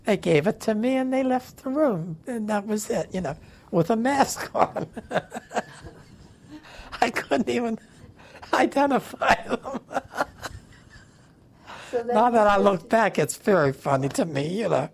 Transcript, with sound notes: They gave it to me and they left the room. And that was it, you know. With a mask (laughs) I couldn't even identify them.
So then—
Now that I look back, it's very funny to me, you know.